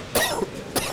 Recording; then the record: coughing mixed with background sound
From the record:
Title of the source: Coughing 79